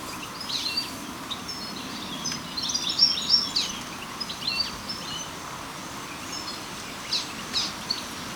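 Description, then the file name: European goldfinch calls: quick, high tinkling chirps in loose bursts, busiest around the third second, then sparser notes near the end, with constant hiss beneath. "Carduelis carduelis"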